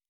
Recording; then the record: hydrophone in a shrimp aquaculture tank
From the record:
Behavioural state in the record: normal